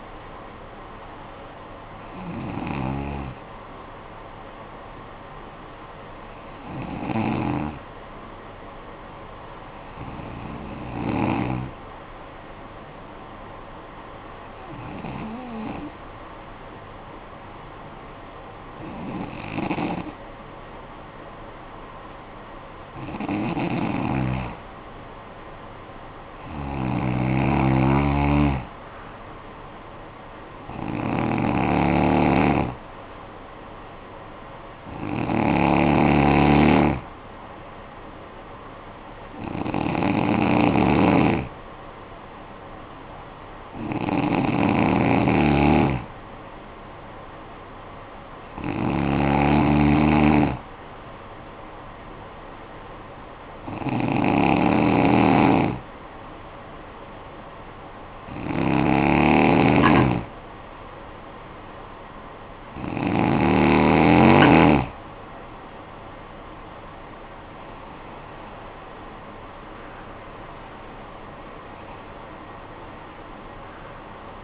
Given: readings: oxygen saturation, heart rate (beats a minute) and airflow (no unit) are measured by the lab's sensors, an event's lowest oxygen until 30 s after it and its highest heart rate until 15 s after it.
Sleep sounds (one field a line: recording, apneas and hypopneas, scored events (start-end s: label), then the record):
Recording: breathing in sleep by a voice recorder at the bedside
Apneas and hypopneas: 2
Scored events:
5.00-24.00 s: hypopnea (N1, oxygen 96% highest, then 90% lowest, heart rate 52 at the start, 56 highest)
27.00-57.00 s: new sleep stage, N2 (light sleep)
53.00-67.60 s: hypopnea (N2, oxygen 92% highest, then 91% lowest, heart rate 56 at the start, 72 highest)
57.00-74.44 s: new sleep stage, N1 (lightest sleep)
From the record:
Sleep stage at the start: N1 (lightest sleep)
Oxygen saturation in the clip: 90 to 96%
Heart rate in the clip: 52 to 70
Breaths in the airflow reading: 17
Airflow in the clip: -11.1 to 13.2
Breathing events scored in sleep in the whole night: 445 in 7.6 hours asleep